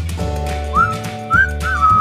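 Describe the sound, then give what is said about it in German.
Someone whistles a short tune to show how a piece of music goes, in three clear, sliding phrases, each note swooping up then holding, over a steady low droning hum. “Ich kann es ja mal vorsummen, pfeifen.”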